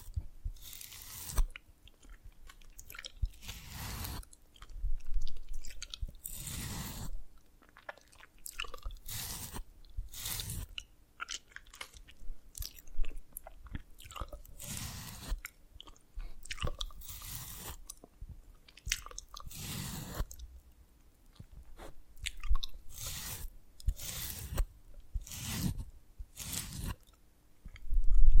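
Dalgona candy being tapped and cracked in short crunchy bursts, some sharp and bright, spaced irregularly a second or two apart, over a faint hum.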